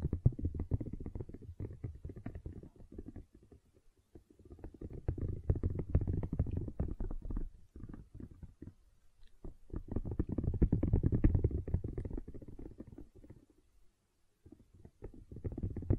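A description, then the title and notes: Gentle silicone sounds come as soft, squishy, crackling rustles, dense and low with little brightness on top. They arrive in long stretches of rapid texture separated by brief pauses around 4, 8 to 9, and 14 seconds, swelling and easing in loudness. ASMR Gentle Silicon Sounds for Sleep (No Talking).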